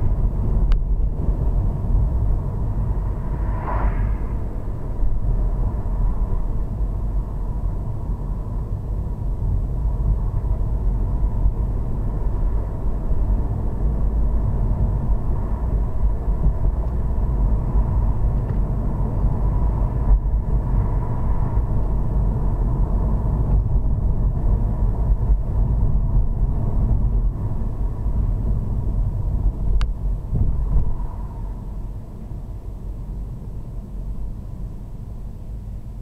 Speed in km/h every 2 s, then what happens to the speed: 35, 34, 34, 31, 31, 35, 45, 44, 45, 45, 45, 45, 44, 32, 24, 21, 18, 10.
0-8 steady at about 34. 8-12 speeds up to 45. 12-23 steady at about 45. 23-36 slows to 10.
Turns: none.